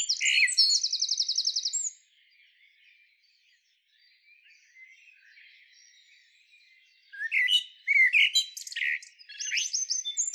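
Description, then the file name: Eurasian blackbird song beginning with a fast, high, repeated trill, then quiet warbling, then loud fluty phrases and shrill twitters. "Turdus merula"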